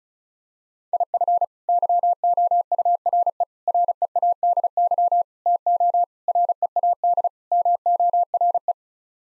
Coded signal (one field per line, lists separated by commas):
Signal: Morse code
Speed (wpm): 34 wpm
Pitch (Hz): 700 Hz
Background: none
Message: IF YOURE READY TO READ MORE